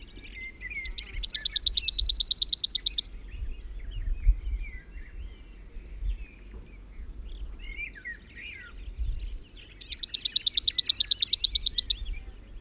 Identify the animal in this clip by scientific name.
Emberiza cirlus